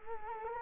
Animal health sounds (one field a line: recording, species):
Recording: mosquito wingbeat signal from an infrared sensor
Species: Culex quinquefasciatus